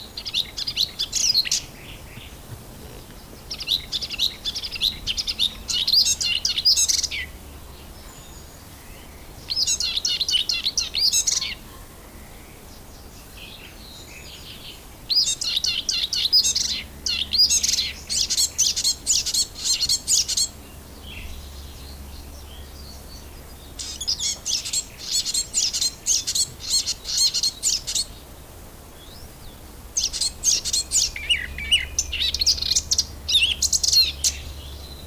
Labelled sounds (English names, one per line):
Eurasian Blackcap song